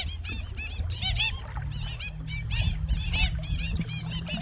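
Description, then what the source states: Black stilt calls: rapid yelping notes throughout, over a steady low drone. Kakī calls from exhibition artwork, combined with a glass-and-water instrument she devised; the kakī is one of the world's most endangered birds.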